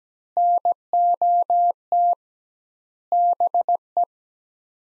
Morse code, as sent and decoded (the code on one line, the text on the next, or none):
-. --- - / -... .
NOT BE